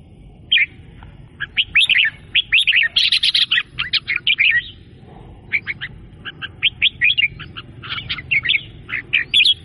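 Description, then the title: Sooty-headed bulbul song: dense runs of bright, bubbly chirps and short warbled phrases, coming in quick bursts with brief pauses, over a faint low background hum. "Burung Kutilang"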